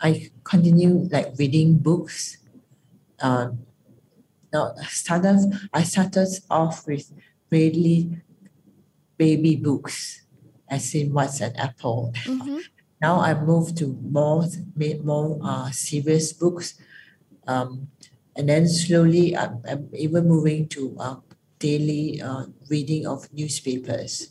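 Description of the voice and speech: Slow, halting speech with long pauses, fillers and restarts, fitting mild non-fluent (Broca's) aphasia.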